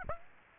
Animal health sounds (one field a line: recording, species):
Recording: mosquito wingbeat signal from an infrared sensor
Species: Aedes aegypti